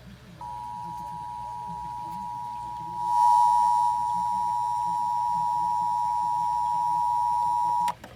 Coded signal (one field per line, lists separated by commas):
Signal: Emergency Alert System (SAME) tones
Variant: 853 and 960 Hz attention tone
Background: speech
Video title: Ventura County Required Monthly Test (EAS #502-504) 9/7/21